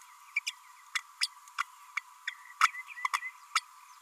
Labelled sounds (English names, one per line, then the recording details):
Green-rumped Parrotlet babbling
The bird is a male
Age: 29 days
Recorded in a nest box in Venezuela
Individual 17B32A6